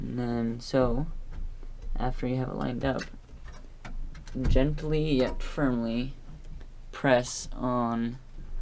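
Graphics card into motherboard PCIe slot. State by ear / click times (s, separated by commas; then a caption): not seated / none. A graphics card, an EVGA GTX 750 Ti SC Edition, is lined up with a motherboard PCIe slot and about to be pressed down gently but firmly until the slot's retention clip locks. Someone talks throughout, with a couple of faint ticks around 3.9 s and 4.2 s. Nothing has seated or clicked yet.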